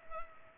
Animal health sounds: mosquito wingbeat signal from an infrared sensor; Culex pipiens

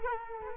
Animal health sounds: mosquito wingbeat signal from an infrared sensor; Culex quinquefasciatus

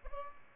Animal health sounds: mosquito wingbeat signal from an infrared sensor; Aedes albopictus

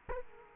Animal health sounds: mosquito wingbeat signal from an infrared sensor; Culex quinquefasciatus

